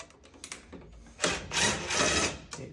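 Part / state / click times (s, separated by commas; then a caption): screw driven through the door jamb behind the hinge into the wall framing / not seated / none. A screw is driven behind the hinge through the door jamb and into the wall framing while the door frame is being fixed. A few short, sharp ticks sound at about 0.4–0.5 s, then a loud, broadband driving noise runs from about 1.2 s to 2.3 s, with another tick near 2.5 s. The screw fails to catch and does not bite and pull the frame in, so nothing has seated or clicked.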